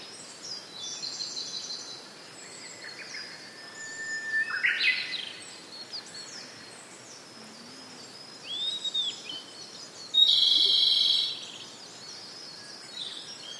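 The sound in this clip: Japanese bush warbler song: a steady whistled note snapping up into a quick rising flourish, amid several other birds calling, including a loud high note later.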